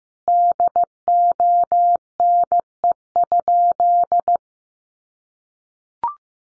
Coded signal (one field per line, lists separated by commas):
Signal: Morse code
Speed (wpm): 15 wpm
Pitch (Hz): 700 Hz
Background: none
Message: DONE?